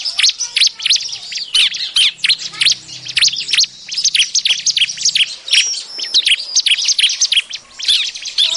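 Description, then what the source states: Bar-winged Prinia giving a busy, continuous chatter of high sharp chirps and short slurred notes, with a faint low hum in the middle. Lure call for trapping birds.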